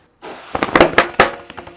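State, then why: Not seated. A tubeless bicycle tire is being inflated on its rim with an air compressor to seat the rubber bead. A steady hiss of rushing air starts at about 0.2 s, with sharp pops and cracks at about 0.6, 0.8, 1.0 and 1.2 s. The clip ends just before the bead goes home, so nothing has seated yet.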